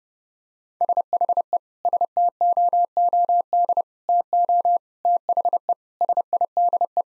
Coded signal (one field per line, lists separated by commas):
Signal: Morse code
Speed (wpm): 30 wpm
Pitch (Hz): 700 Hz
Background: none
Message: SHE STOOD TO THE SIDE